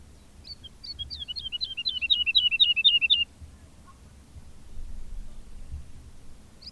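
Woodlark singing a single accelerating phrase of short liquid descending notes, starting softly and growing louder, ending abruptly after about three seconds; quiet rumble afterward.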